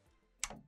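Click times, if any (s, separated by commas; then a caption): 0.4 s. A three-prong power cord is pushed into the power supply brick for a media player and clicks into place at 0.4 seconds with one sharp, bright click. A brief lower-pitched tail follows, and the cord is seated.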